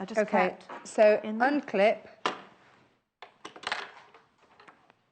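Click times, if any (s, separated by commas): 3.7 s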